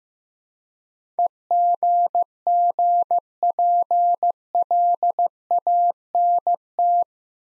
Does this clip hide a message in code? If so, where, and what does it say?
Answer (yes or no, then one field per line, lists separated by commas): yes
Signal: Morse code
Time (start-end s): 1.2-7.0 s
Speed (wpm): 15 wpm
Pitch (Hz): 700 Hz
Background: none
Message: EGGPLANT